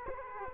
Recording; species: mosquito wingbeat signal from an infrared sensor; Culex quinquefasciatus